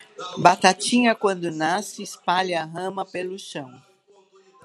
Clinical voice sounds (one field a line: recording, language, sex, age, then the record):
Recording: short text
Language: Brazilian Portuguese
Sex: female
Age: 60 to 69 years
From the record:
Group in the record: control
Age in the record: 61 years